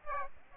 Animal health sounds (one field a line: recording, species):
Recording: mosquito wingbeat signal from an infrared sensor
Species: Aedes aegypti